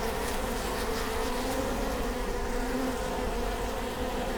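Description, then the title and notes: Honey bees humming steadily at a hive, a dense continuous drone with layered low tones and no breaks. Bee hive at Prinzessinnengarten, Hermannstraße, Berlin, Germany; recorded with Sony PCM D50 and Primo EM172. "Prinzessinnengarten II, Hermannstraße, Berlin, Deutschland - bee hive. bee hive at Prinzessinnengarten (Sony PCM D50, Primo EM172)"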